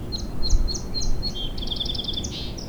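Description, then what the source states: Song Sparrow song: a run of sharp descending high notes followed by a quick trill and a final short note, over a low rumble of background noise. Heard unexpectedly in an urban soundscape, possibly a migrant passing through.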